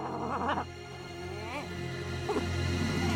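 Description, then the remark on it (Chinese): A dog whimpers and lets out a few high, wavering yips, with short bursts around the start, middle and near the end over a steady low hum. “臭狗， 它会让我们暴露的。”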